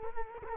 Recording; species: mosquito wingbeat signal from an infrared sensor; Culex quinquefasciatus